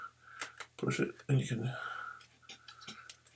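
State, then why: Seated. The bounce head of a Canon EOS Speedlite 580EX flash unit is tilted back on the flash body into a preset angle while someone talks. It clicks into its detent at 3.3 s and locks in place.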